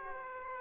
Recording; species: mosquito wingbeat signal from an infrared sensor; Aedes aegypti